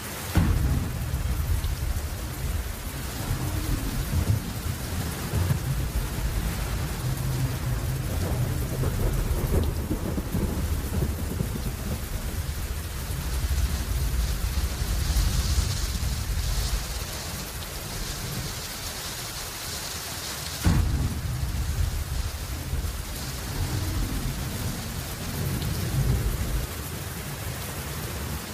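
Steady rain hisses throughout, dense and even, with a deep rumbling layer underneath that swells and ebbs like rolling thunder. The low rumble thins out near the middle, then a sharp, sudden jump in loudness around 21 seconds brings the heavy rumble back.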